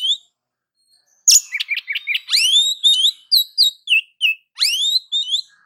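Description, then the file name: Oriental magpie-robin song with a harsh burst, rapid chirps and repeated loud upslurred whistles among quick varied notes. "Suara-Kacer-Versi-7"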